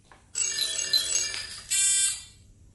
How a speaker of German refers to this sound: Es klingelt an der Tür, o Gesetzgeber des Weltalls. Weiß ich selbst, ich meine wer?